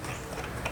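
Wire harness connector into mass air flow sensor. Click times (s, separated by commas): 0.7 s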